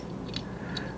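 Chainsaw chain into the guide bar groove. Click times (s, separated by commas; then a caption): 0.4 s, 0.8 s. A steel saw chain hooked over the tip of a chainsaw guide bar is turned upside down and lifted so its drive links drop into the bar groove. Two short metallic clicks are heard at 0.4 s and 0.8 s over a steady low hum. The chain seats in the groove.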